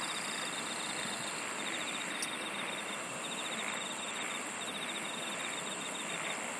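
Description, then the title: Insects calling in a steady high drone, with bursts of rapid ticking trills and a very high pulsed trill around the middle. "SINGING OF INSECTS"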